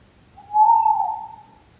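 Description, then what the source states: Owl hoot: one steady, mellow whistled note lasting about a second, held level at mid pitch, over a quiet low background hiss. Recorded in 2023.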